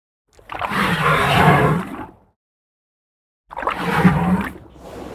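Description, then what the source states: African elephant with two wet, gurgling inhales, each roughly two seconds of breathy rush over a low throaty tone, split by a clear pause. Wet, short inhale.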